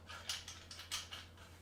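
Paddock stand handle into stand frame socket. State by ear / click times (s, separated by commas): not seated / none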